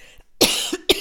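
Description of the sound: Two harsh, noisy cough bursts from an adult woman, the first with a brief voiced tail; an ordinary cough with a croaky voice during a cold.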